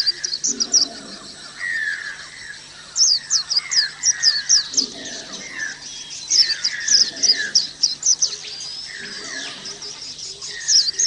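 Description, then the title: Oriental magpie-robin song: quick high chirping phrases mixed with lower slurred whistles. "Kicau Kacer"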